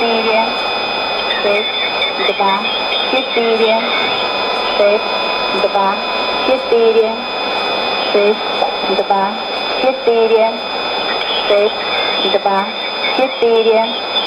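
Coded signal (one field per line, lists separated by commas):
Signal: numbers station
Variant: S06s, Russian female voice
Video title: 04 08 2016 Number station S06s Russian Lady to Eu 0910 on 7161 unknown tx site CUSB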